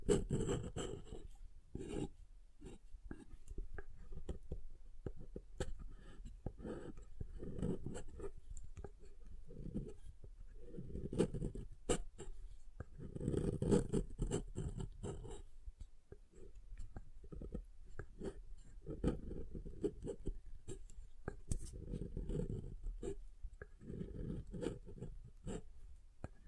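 Tapping and carving on a bar of soap, with dense bursts of low, thudding scrapes coming in clusters every couple of seconds. Sharp clicks and brief brighter scratches punctuate the strokes, and the level stays fairly even throughout with short quieter gaps.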